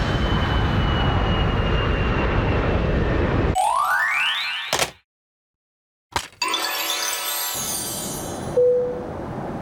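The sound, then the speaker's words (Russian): A steady, dense roar of an airplane engine in flight, on a plane that left Narita Airport bound for Los Angeles International Airport, with a thin high whine over it, then abruptly cut by sweeping electronic tones, a short silence, and more shimmering tones. “Наш самолет покинул аэропорт Нарита согласно расписанию.”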